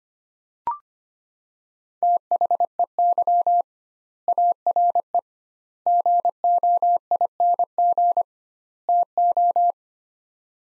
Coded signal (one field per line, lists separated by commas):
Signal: Morse code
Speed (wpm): 25 wpm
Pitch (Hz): 700 Hz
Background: none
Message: THEY ARE GOING TO